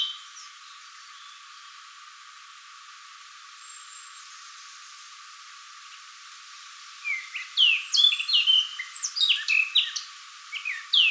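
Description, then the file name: Eurasian blackcap, about seven seconds of near quiet, then a sudden burst of fast, varied chirps and slurred whistles until the end. "Sylvia atricapilla"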